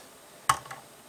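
A plastic LEGO brick part is pressed hard onto the side of the 2023 Monkie Kid's Combi Mech 80040 until a sharp click at 0.5 s shows it has seated, followed by a fainter tick at 0.7 s.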